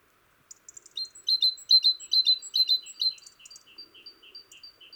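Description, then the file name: Great tit with loud ringing paired notes for about two seconds, then a run of softer, lower chattering notes fading out. "Parus major"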